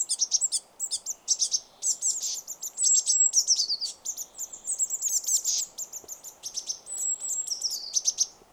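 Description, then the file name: Eurasian blue tit calls: a dense run of high, thin chirps and short sliding notes, often several per second, with brief pauses and a faint steady hiss beneath. "Cyanistes caeruleus"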